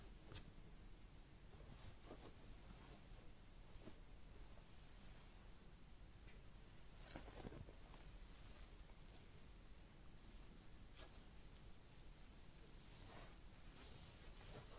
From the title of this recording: Real Head Massage and Ear Cleaning